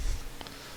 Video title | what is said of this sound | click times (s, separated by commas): Ikea Pax Wardrobe Build, Install & Review | that snaps in you'll hear it click | 0.4 s, 0.5 s